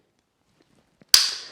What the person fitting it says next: there's the click sound